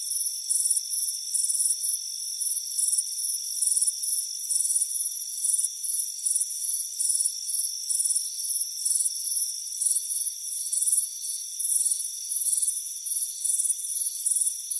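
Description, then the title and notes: Cricket chorus with high, rapid pulsed chirps in short repeated bursts over a continuous high ringing drone. Chirping crickets on a warm afternoon on a front porch. "Soothing Crickets Chirping Sound. It's a warm afternoon as you relax in a hammock on the front porch. Relax and fall asleep to the soothing sound of chirping crickets. Deep Sleep Sounds"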